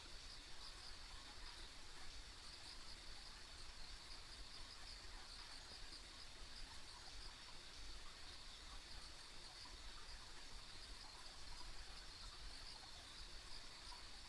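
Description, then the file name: Constant insect chorus, a high, finely pulsed trill never stopping, set against a low rumble. Ambient insect sounds on a country road. "田舎道の虫の環境音"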